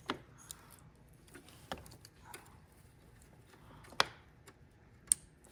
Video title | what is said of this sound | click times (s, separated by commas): ISF VALLEY PLATE REPAIR TUTORIAL | Two clicks. And then once you hear the 2 clicks, you simply just | 4.0 s, 5.1 s